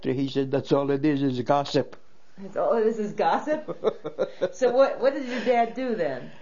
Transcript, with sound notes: He says, "That's all it is is gossip."
All it is is gossip? (laughs) So what did your dad do, then?